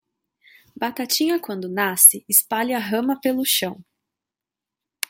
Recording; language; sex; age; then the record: short text; Brazilian Portuguese; female; 20 to 29 years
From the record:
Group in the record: control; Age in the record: 27 years